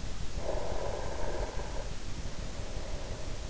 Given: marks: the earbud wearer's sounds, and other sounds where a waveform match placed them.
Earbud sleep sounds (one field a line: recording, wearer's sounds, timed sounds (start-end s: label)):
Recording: sounds in sleep by an in-ear microphone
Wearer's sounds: breath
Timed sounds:
0.35-3.39 s: breath